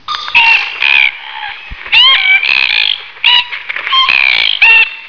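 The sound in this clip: Glossy black cockatoo giving repeated harsh, creaky squawks with rasping overtones and short gaps between them.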